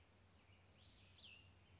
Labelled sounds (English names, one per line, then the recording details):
Cassin's Vireo
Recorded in Sonoma County, California